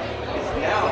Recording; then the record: background sound without coughing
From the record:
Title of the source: CITY SOUNDS Busy Bar in the Evening Night - 2 HOURS of Ambiance for Relaxation